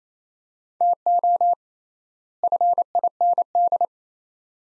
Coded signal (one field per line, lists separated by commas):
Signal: Morse code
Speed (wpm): 28 wpm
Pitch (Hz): 700 Hz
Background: none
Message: TO FIND